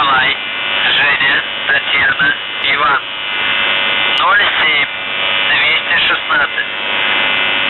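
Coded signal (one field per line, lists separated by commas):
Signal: channel marker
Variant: UVB-76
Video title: The Buzzer/UVB-76(4625Khz) May 18th, 2023 Voice messages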